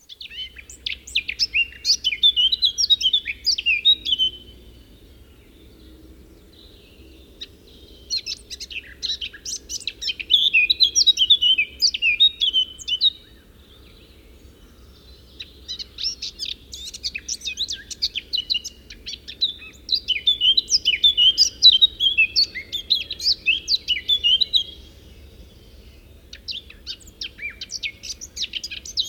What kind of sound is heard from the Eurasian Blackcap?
song